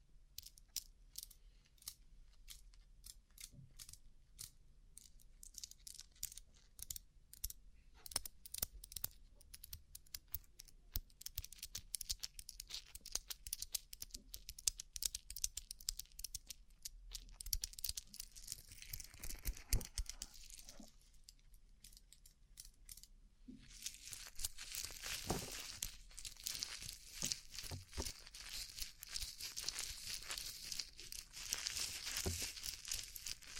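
Rhinestone-covered surface being tapped, making dense, fast, irregular clicks that run throughout. The taps are sharp and bright, grow busier in the middle, and after about 24 seconds a steady, hissy scratching joins in, with occasional louder knocks underneath.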